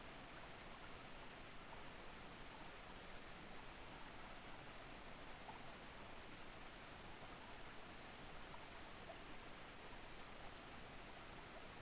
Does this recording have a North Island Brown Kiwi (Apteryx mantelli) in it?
no